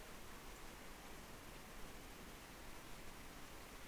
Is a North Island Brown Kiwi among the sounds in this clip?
no